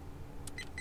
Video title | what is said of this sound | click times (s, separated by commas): Ford Raptor Dashcam | just going to go in and you're going to hear it click just like that so | 0.5 s, 0.6 s